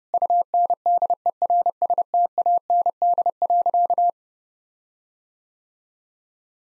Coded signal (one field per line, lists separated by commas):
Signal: Morse code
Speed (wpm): 30 wpm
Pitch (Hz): 700 Hz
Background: none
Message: UNDERSTAND.